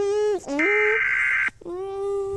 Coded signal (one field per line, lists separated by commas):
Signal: Emergency Alert System (SAME) tones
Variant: header bursts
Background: speech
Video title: EAS Scenario: Lentotally's Revenge BAD/WORST ENDING